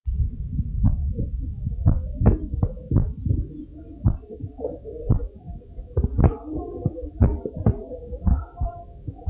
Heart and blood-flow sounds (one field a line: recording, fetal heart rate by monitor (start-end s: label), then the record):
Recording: heart sounds of a pregnant woman by stethoscope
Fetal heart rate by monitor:
no fetal heartbeat
From the record:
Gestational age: 37 weeks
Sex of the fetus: boy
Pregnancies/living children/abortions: 4/3/0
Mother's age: 40 years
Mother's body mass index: 28.6